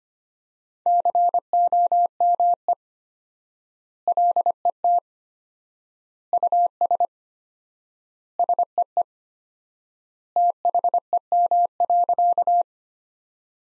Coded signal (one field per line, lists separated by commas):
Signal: Morse code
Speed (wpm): 25 wpm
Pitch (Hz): 700 Hz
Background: none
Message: COME LET US SEE THEM.